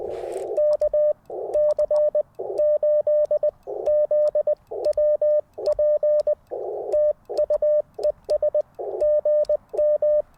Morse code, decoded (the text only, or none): KC8ZWP TU ES GM